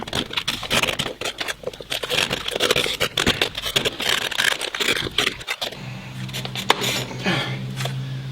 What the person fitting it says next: So everything is clicked back into place.